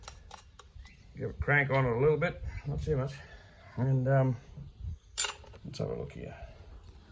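A screw-in part is screwed back into the engine of a Losi 5T RC truck that has sat for a long time, and given a little crank, not too much, while someone talks. Faint ticks sound at about 0.1, 0.3 and 0.6 seconds, and a sharper tap comes at 5.2 seconds. Nothing has seated or clicked yet.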